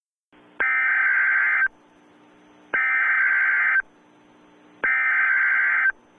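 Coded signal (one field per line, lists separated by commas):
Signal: Emergency Alert System (SAME) tones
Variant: header bursts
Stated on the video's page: Fictional EAS scenario, not a real alert.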